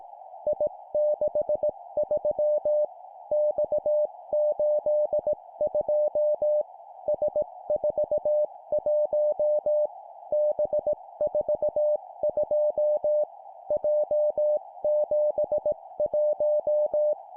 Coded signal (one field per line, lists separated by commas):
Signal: Morse code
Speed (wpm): 18 wpm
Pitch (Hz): 600 Hz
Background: music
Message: I63 X82 S41 B42 J71